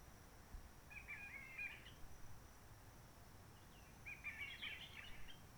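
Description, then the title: Réunion bulbul singing two squeaky, warbling phrases about three seconds apart against quiet background noise. Roche Merveilleuse, Réunion; forest quiet since the 19 March 2020 lockdown, no people, microlights or helicopters; sunny blue sky; birds not very active; sings simpler short phrases, adapted to noise pollution. "Roche Merveilleuse, Réunion - Merle de lîle de la Réunion."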